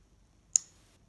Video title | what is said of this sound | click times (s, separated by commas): Uberti S&W No 3 44 Russian Review | we close it you can hear it engage the ejector right | 0.6 s